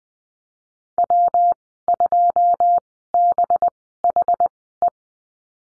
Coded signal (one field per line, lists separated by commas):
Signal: Morse code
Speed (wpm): 20 wpm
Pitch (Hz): 700 Hz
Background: none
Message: W2BHE